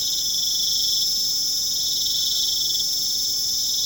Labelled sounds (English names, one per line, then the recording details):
none
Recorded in pastures near Puerto Asís, Putumayo, Colombia, on 25 June 2025 at 22:00
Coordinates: 0.472, -76.331
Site G095